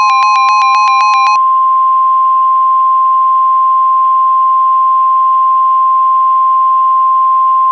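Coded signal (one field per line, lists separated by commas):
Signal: Emergency Alert System (SAME) tones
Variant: 1050 Hz attention tone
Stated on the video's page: Reenactment mock flash flood warning made with RadioShack 12-521 and EASyPLUS, containing valid EAS tones.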